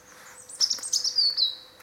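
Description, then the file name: European robin: a short run of very high, thin, twittering and squeaky notes that slide slightly downward, with a faint steady hum beneath. "Erithacus rubecula"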